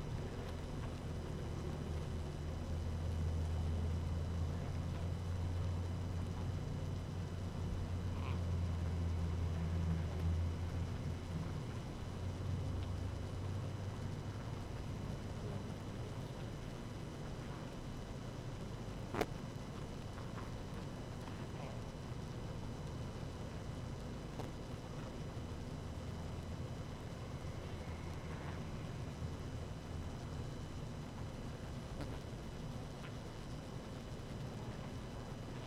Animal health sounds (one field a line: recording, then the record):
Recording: honeybee colony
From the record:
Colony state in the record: active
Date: 12 June 2018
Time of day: 18:09